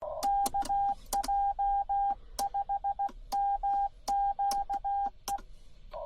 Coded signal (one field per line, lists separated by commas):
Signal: Morse code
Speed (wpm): 17 wpm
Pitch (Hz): 800 Hz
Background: none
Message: KJ5MQE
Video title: 3rd Morse code contact!!! #radiooperator #hamradio #hobby #amatureradio #longdistance